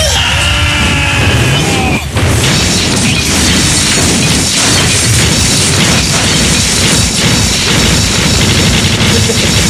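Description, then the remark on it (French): A car driven by a chauffeur crashes loudly into the Théâtre des Champs-Élysées: a brief squeal gives way to a heavy impact and a long, dense stretch of smashing, crunching and tumbling debris that stays loud throughout. “Si je veux, je rentre avec la voiture dans le théâtre des Champs-Élysées.”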